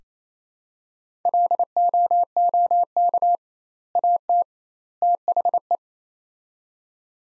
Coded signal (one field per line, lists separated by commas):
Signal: Morse code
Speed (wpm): 27 wpm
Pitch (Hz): 700 Hz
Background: none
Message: LOOK AT THE